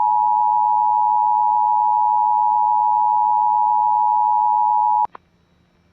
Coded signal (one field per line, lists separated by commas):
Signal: Emergency Alert System (SAME) tones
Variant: 853 and 960 Hz attention tone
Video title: WXJ55 PULLS A CRS EAS Alerts From 3/27/21 (EAS $415-422)